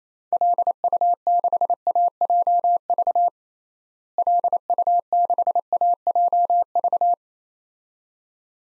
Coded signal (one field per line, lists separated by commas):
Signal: Morse code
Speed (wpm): 28 wpm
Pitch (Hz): 700 Hz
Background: none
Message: LU6AJV LU6AJV